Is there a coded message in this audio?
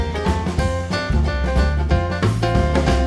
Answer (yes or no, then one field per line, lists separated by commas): no